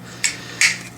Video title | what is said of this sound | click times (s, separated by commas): T2RX6 Reviews: KFC E.V.A.I. Metal Kingzilla (Snapdragon) | so once again take the neck swivel it all the way and bring it down and it'll click in place | 0.2 s, 0.6 s